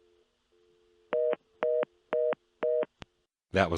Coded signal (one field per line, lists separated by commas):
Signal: telephone call progress tone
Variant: North America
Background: speech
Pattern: reorder tone